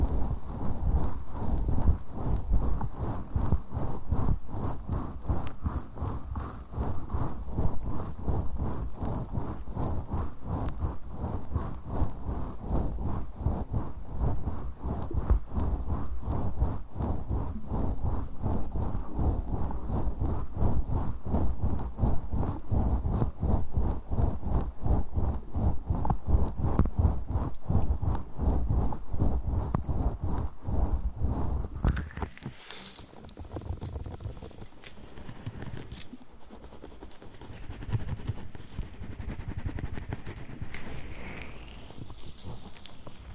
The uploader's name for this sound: Ear massage & Mouth sounds